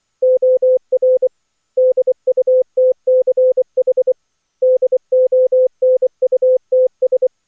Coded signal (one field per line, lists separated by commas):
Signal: Morse code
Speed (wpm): 23 wpm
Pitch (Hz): 510 Hz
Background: none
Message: OR DUTCH DONUTS